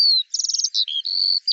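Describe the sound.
Eurasian skylark song fragment: a brief run of high chirps, a rapid trill and a sustained thin whistle.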